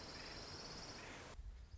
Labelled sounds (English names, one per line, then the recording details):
Orange-crowned Warbler
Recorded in Sonoma County, California